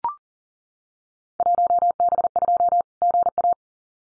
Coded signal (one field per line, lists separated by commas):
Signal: Morse code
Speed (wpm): 38 wpm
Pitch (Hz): 700 Hz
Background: none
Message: 1B2 GA